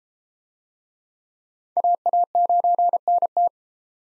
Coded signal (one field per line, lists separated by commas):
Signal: Morse code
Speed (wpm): 33 wpm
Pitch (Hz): 700 Hz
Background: none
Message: AA9NT